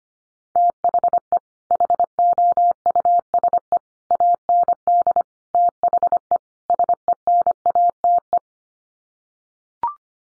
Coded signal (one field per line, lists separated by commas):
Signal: Morse code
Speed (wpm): 25 wpm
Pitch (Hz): 700 Hz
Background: none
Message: THE HOUSE AND THE SENATE